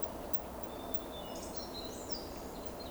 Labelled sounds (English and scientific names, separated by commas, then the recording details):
Eurasian Woodcock (Scolopax rusticola) whistle
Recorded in Baden-Württemberg, Germany, on 12 June 2020 at 20:17 UTC
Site 14569, 102 m above sea level